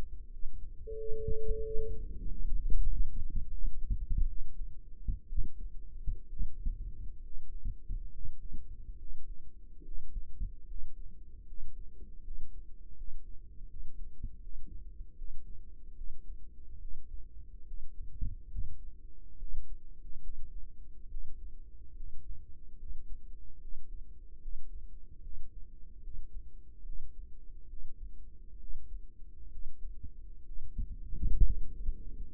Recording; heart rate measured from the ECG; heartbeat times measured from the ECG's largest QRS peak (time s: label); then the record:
heart sounds by microphone in the right ear; 73 bpm
0.32 s: heartbeat
0.98 s: heartbeat
1.63 s: heartbeat
2.27 s: heartbeat
2.87 s: heartbeat
3.51 s: heartbeat
4.28 s: heartbeat
5.27 s: heartbeat
6.27 s: heartbeat
7.22 s: heartbeat
8.10 s: heartbeat
8.97 s: heartbeat
9.82 s: heartbeat
10.65 s: heartbeat
11.45 s: heartbeat
12.22 s: heartbeat
12.95 s: heartbeat
13.68 s: heartbeat
14.41 s: heartbeat
15.16 s: heartbeat
15.95 s: heartbeat
16.79 s: heartbeat
17.66 s: heartbeat
18.50 s: heartbeat
19.37 s: heartbeat
20.21 s: heartbeat
21.09 s: heartbeat
21.95 s: heartbeat
22.78 s: heartbeat
23.60 s: heartbeat
24.40 s: heartbeat
25.22 s: heartbeat
26.02 s: heartbeat
26.84 s: heartbeat
27.68 s: heartbeat
28.59 s: heartbeat
29.50 s: heartbeat
30.44 s: heartbeat
31.42 s: heartbeat
32.31 s: heartbeat
From the record:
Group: healthy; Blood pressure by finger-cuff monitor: 102/56 mmHg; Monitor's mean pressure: 70 mmHg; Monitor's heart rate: 73 bpm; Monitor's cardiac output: 6.3 L/min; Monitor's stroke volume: 87 mL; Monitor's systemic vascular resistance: 700 dyn s/cm5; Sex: female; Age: 22 years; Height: 157 cm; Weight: 47.6 kg